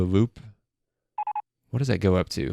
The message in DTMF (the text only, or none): none